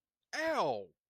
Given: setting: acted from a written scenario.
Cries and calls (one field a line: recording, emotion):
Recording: vocal sound without words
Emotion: pain